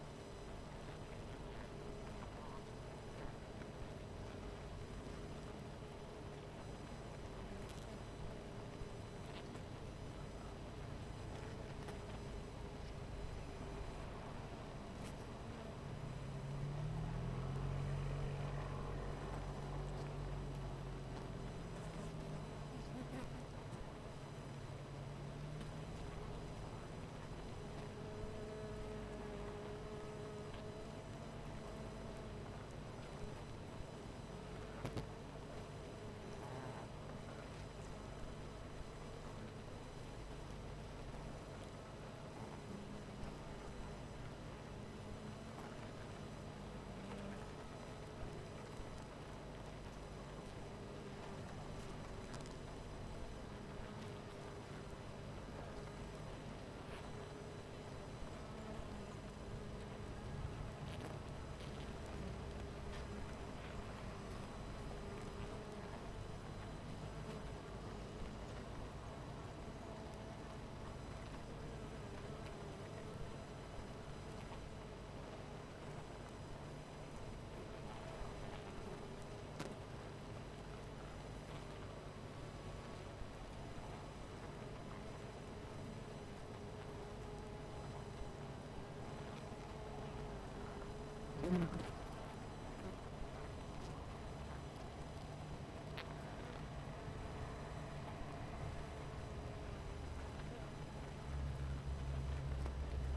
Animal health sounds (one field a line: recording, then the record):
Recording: honeybee colony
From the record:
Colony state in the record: missing queen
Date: 14 July 2017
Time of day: 18:22